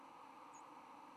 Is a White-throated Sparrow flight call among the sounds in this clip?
no